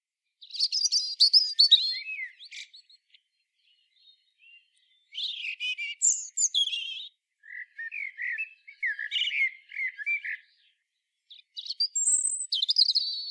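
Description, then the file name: European robin singing varied high, thin phrases of warbles and twittering notes, separated by short pauses, in a quiet setting. "Erithacus rubecula"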